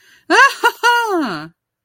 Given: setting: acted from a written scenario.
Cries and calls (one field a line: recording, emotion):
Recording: vocal sound without words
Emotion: triumph